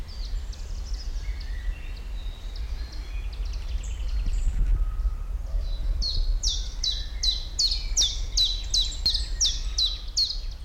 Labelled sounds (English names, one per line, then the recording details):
Common Chiffchaff
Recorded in the wild
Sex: male
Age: adult
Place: Botanische Anlage Blankenfelde, Berlin, DE
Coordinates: 52.603, 13.4
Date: 1993-05-30
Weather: heiter, 18-21°C
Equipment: Marantz CP 430, Sennheiser ME 80, Kopie Uher Variocord 263
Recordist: Tembrock, Günter